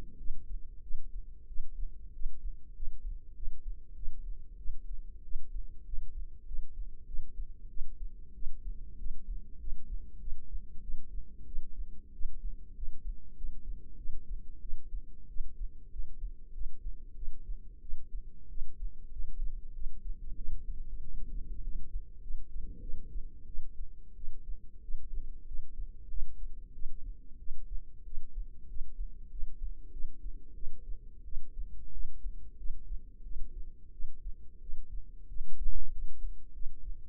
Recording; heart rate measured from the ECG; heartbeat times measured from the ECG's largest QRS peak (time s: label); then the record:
heart sounds by microphone in the left ear; 94 bpm
0.18 s: heartbeat
0.83 s: heartbeat
1.48 s: heartbeat
2.13 s: heartbeat
2.75 s: heartbeat
3.35 s: heartbeat
3.95 s: heartbeat
4.58 s: heartbeat
5.24 s: heartbeat
5.85 s: heartbeat
6.46 s: heartbeat
7.06 s: heartbeat
7.69 s: heartbeat
8.34 s: heartbeat
8.98 s: heartbeat
9.59 s: heartbeat
10.20 s: heartbeat
10.82 s: heartbeat
11.46 s: heartbeat
12.13 s: heartbeat
12.75 s: heartbeat
13.36 s: heartbeat
13.97 s: heartbeat
14.61 s: heartbeat
15.28 s: heartbeat
15.91 s: heartbeat
16.53 s: heartbeat
17.15 s: heartbeat
17.81 s: heartbeat
18.49 s: heartbeat
19.11 s: heartbeat
19.74 s: heartbeat
20.36 s: heartbeat
21.02 s: heartbeat
21.62 s: heartbeat
22.22 s: heartbeat
22.81 s: heartbeat
23.47 s: heartbeat
24.16 s: heartbeat
24.82 s: heartbeat
25.46 s: heartbeat
26.09 s: heartbeat
26.73 s: heartbeat
27.39 s: heartbeat
28.05 s: heartbeat
28.68 s: heartbeat
29.30 s: heartbeat
29.92 s: heartbeat
30.55 s: heartbeat
31.25 s: heartbeat
31.92 s: heartbeat
32.58 s: heartbeat
33.23 s: heartbeat
33.92 s: heartbeat
34.61 s: heartbeat
35.28 s: heartbeat
35.91 s: heartbeat
36.54 s: heartbeat
From the record:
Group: healthy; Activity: rest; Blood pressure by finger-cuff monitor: 90/59 mmHg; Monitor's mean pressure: 73 mmHg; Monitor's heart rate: 94 bpm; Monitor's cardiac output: 8.1 L/min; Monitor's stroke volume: 86 mL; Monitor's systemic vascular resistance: 640 dyn s/cm5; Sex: female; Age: 22 years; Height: 161 cm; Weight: 65.5 kg